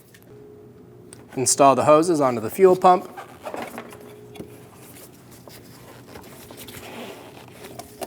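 A fuel hose quick-connector is being handled at the plastic fuel pump module nipple of a 2016-2025 Chevrolet Malibu 1.5L L4 during a fuel pump lock ring replacement. Someone talks from about 1.4 to 3.0 seconds, followed by light handling and scraping noises and a few small taps. Nothing has seated or clicked yet.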